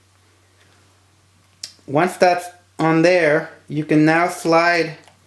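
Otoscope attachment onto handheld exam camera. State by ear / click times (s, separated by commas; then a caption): not seated / none. An otoscope attachment is handled next to a handheld telemedicine exam camera, ready to be slid onto it. A brief sharp tap sounds at about 1.6 s, then someone talks over a low steady hum. The attachment has not seated or clicked into place yet.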